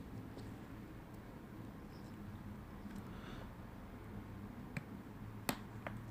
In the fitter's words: you can hear that click sound